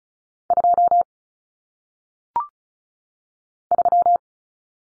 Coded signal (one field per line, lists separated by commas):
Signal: Morse code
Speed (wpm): 36 wpm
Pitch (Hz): 700 Hz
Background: none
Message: 2 3